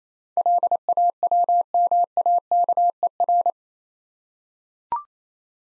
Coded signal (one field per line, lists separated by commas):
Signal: Morse code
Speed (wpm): 28 wpm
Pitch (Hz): 700 Hz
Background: none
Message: LAWMAKER